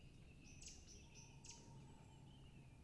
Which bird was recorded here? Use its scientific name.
Strix aluco